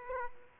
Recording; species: mosquito wingbeat signal from an infrared sensor; Aedes aegypti